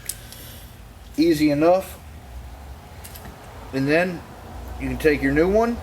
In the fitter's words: and they'll pop right off they're spring-loaded they got a schrader valve inside of them